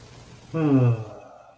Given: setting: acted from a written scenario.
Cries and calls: vocal sound without words; desire

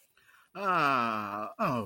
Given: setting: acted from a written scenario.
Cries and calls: vocal sound without words; contentment

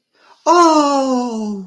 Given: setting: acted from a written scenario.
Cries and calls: vocal sound without words; serenity

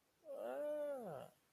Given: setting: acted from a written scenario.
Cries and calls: vocal sound without words; awe

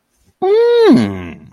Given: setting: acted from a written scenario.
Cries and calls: vocal sound without words; realization

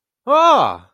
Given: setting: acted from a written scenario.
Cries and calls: vocal sound without words; positive surprise

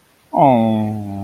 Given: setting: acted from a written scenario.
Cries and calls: vocal sound without words; adoration

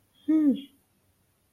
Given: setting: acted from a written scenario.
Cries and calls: vocal sound without words; positive surprise

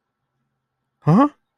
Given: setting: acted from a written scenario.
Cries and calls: vocal sound without words; negative surprise

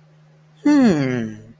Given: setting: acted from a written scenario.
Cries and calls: vocal sound without words; interest

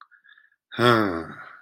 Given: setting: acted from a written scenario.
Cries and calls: vocal sound without words; disappointment

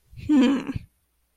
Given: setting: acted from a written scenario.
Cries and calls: vocal sound without words; contempt

